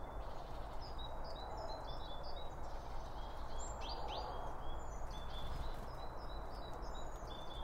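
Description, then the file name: Small birds give repeated high, thin chirps and a few quick sweeping notes over a persistent low background hum. Birds around a bird feeder, recorded with two Line Audio OM 1 microphones. "Birds Around Birdfeeding With Two Om 1 From Line Audio"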